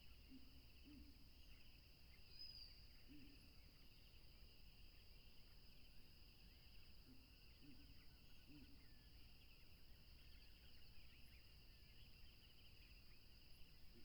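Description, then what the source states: Crickets sustain a constant high-pitched trill, while scattered short low hooting notes come and go and a steady low rushing noise runs underneath. Tropical river setting.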